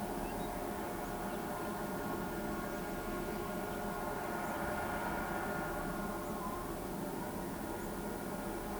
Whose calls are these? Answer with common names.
none